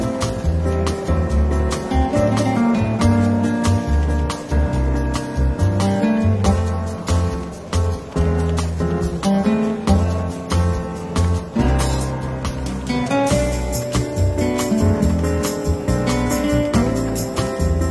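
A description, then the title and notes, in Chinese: Relaxed jazz plays through a café, carried by a warm, steady bass line that moves every few beats under sustained chords. Light drum strokes tick at a regular pace, and the level stays even throughout, with a brief dip near twelve seconds. 伦敦书店咖啡馆轻微喧闹氛围与柔和轻松的爵士背景音乐。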